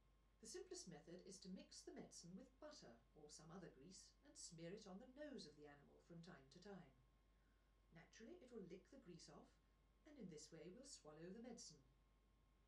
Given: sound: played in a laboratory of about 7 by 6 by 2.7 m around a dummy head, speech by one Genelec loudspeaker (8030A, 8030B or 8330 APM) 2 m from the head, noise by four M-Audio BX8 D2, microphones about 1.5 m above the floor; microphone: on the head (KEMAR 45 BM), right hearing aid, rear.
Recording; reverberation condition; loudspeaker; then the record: female speech in English; low; 120 degrees to the left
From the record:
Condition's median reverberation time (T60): about 310 ms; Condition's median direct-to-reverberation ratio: about 3.5 dB